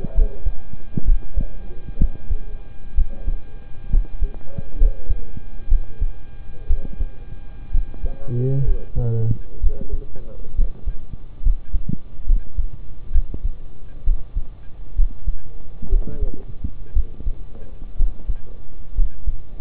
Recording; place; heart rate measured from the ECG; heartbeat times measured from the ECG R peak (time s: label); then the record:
heart sounds by stethoscope; between the tricuspid and mitral areas; 64 bpm
0.14 s: heartbeat
1.04 s: heartbeat
1.98 s: heartbeat
2.94 s: heartbeat
3.89 s: heartbeat
4.77 s: heartbeat
5.68 s: heartbeat
6.67 s: heartbeat
7.71 s: heartbeat
8.64 s: heartbeat
9.60 s: heartbeat
10.55 s: heartbeat
11.42 s: heartbeat
12.26 s: heartbeat
13.12 s: heartbeat
14.04 s: heartbeat
14.95 s: heartbeat
15.89 s: heartbeat
16.93 s: heartbeat
17.96 s: heartbeat
18.94 s: heartbeat
From the record:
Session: rest, sitting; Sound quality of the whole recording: good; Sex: male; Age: 25 years